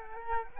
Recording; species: mosquito wingbeat signal from an infrared sensor; Culex quinquefasciatus